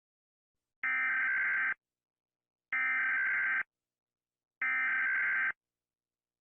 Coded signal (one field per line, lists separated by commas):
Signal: Emergency Alert System (SAME) tones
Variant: header bursts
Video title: Rating EAS alarm (wait for malaysia) volume down if malaysia siren here